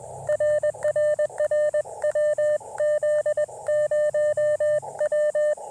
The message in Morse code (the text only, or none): RRR WZ0W